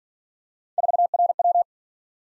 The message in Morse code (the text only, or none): 4RW